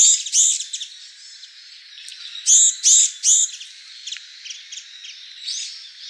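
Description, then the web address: Japanese tit calls: loud buzzy notes in two bursts, two at the start and three around two and a half seconds, with fainter chatter between. Recorded 18 January 2014. "birdenaga sijukara 140118"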